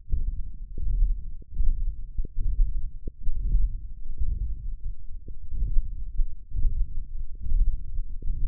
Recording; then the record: forearm muscle sounds (acoustic myography)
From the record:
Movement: hand opening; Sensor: system 1, eight BSWA MPA416 microphones around the upper forearm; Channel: 6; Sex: male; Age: 21 years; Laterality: right